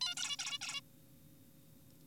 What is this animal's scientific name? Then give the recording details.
Taeniopygia guttata. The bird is an adult. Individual g4p5U